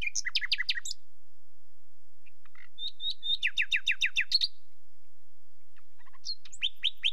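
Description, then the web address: Common nightingale singing a burst of loud chuckling notes, a pause, then a fast series of sharp repeated descending notes, followed by more rapid repeated phrases. British birds. "The BBC Sound Effects Library. Nightingale"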